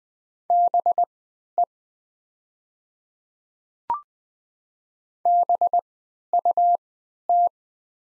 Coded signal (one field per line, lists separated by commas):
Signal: Morse code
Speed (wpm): 20 wpm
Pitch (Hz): 700 Hz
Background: none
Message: BE BUT